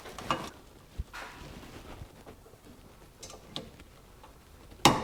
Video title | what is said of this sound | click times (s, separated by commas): Sharpening mower blades on a Husqvarna YTH lawn mower without taking the deck off | If you're using a torque wrench for the first time, you should hear it click when it hits that 50 or 55 pounds, whatever you set it at. | 4.9 s